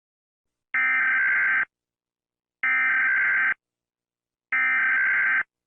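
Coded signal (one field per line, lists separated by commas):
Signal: Emergency Alert System (SAME) tones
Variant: header bursts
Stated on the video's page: Fictional Texas fire EAS scenario; no real event portrayed.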